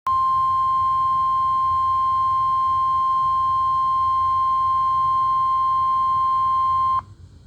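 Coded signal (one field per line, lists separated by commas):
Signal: Emergency Alert System (SAME) tones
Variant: 1050 Hz attention tone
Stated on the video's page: Tornado Watch tones from an online NOAA Weather Radio stream.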